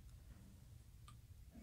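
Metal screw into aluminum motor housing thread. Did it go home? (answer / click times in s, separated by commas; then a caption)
yes / 1.1 s. A small metal screw is turned counterclockwise in an aluminum motor housing until its thread start drops into the first thread, before it is tightened clockwise to avoid cross-threading. Against a low, steady background hum, a single short, bright snap is heard at 1.1 s. The thread has seated.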